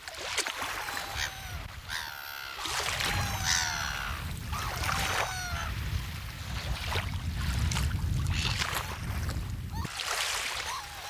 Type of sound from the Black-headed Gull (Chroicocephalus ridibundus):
call